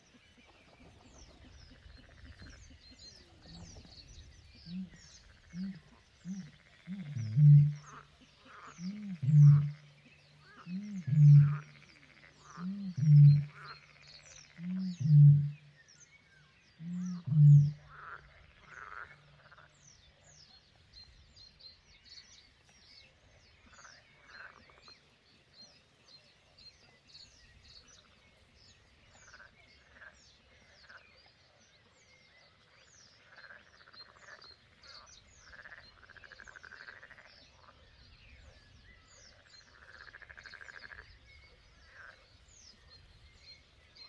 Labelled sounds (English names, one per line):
Great Bittern